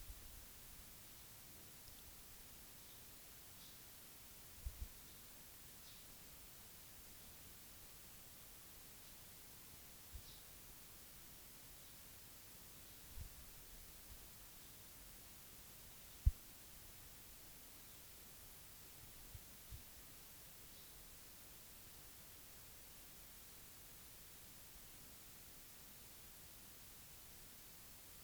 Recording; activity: daily activity, guitar pickup as the sensor; drink water